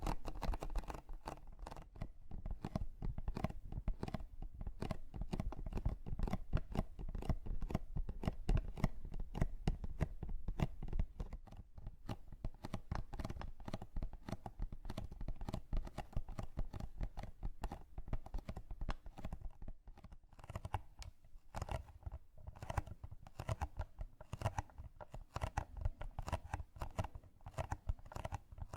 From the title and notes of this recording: TimASMR-ASMR 20+ Makeup Triggers For Sleep NO TALKING.